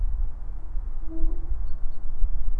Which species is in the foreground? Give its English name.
Common Chaffinch